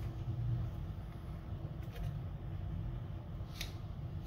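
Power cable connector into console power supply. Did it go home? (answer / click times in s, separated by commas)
yes / 3.6 s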